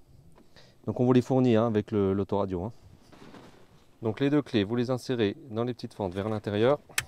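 Someone talks while two metal extraction keys that come with a car radio are being pushed toward the inside of the small slots on the side of the radio, so the radio can later be pulled out. Only faint brief sounds occur near 0.4 and 0.6 s before the speech. Nothing has clipped or seated yet.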